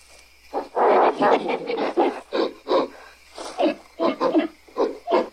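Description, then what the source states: Ape produces a series of rough, pulsed grunting growls, about a dozen short bursts in quick irregular succession. Angry apes; long sequence of screaming and growling.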